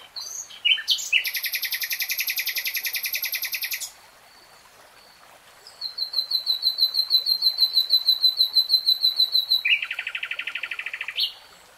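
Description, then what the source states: Nightingale song: a long buzzy rattling trill, a pause, then a rapid run of repeated high ticking notes and another lower churring trill. Nightingale singing, recorded in real time.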